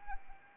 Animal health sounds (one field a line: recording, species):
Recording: mosquito wingbeat signal from an infrared sensor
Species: Anopheles arabiensis